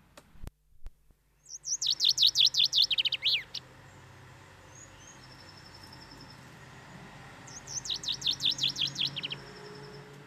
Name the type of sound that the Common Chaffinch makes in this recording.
song